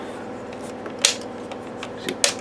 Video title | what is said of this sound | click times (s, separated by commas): Threezero Titanfall Stryder Review - CollectionDX | there? Nice click. | 1.0 s, 2.2 s